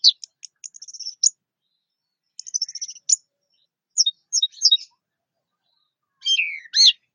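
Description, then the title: Orange-headed thrush singing high, rapid twittering phrases with quick trills and sharp notes, separated by short pauses. "Anis Merah"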